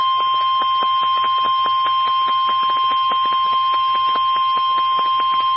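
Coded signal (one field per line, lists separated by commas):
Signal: Emergency Alert System (SAME) tones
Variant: 1050 Hz attention tone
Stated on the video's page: EAS alerts received from NOAA Weather Radio transmitters in Miamisburg and Columbus, Ohio, and Covington, Kentucky.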